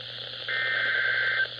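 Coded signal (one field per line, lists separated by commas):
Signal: Emergency Alert System (SAME) tones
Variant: header bursts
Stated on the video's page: Real flood warnings from NOAA weather radio with three header bursts.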